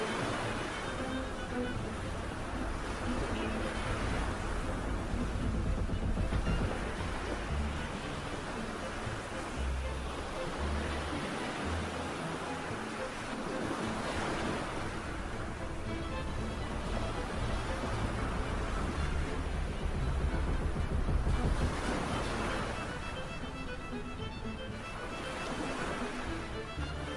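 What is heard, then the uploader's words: Pirate ship ambience with a steady, dense wash of sea and creaking hull noise that never lets up. Low rumbling swells rise and fall every few seconds, and muffled murmurs like voices drift underneath, with brighter surges of spray around 4, 15 and 21 seconds. Pirate ship ambience. Storm. Sea waves. Ship creaking.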